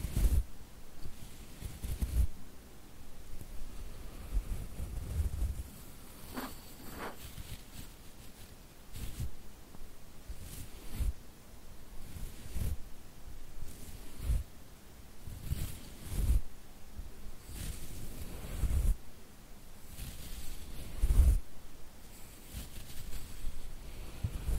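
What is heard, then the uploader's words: Quiet tapping and scratching on a camera lens, with soft brushing strokes in between. Sharp taps land irregularly every second or two, some with a low thump, over a faint hiss. The loudest knock comes near twenty-one seconds. ASMR Tingly Lens Tapping, Camera Scratching & Brushing Personal Attention.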